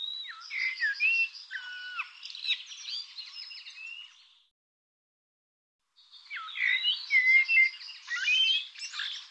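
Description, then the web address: Bird song in two long phrases mixing clear slurred whistles, sharp downward notes and buzzy chatter, with a pause of about one and a half seconds between them. "cianscape birddata Deverinetal Bird Tu Me Tu Me"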